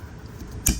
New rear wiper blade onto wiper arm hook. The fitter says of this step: slide it up and now it's clicked into place give it a little tug